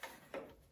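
A rubber primer bulb, its orange primer line fed through the hole, is handled against the hole in the plastic engine cover of an old Craftsman 9 HP snowblower as it is worked into place. Two short, sharp handling knocks sound at about 0.0 and 0.3 seconds, then fade into quiet. Nothing has seated or snapped in yet.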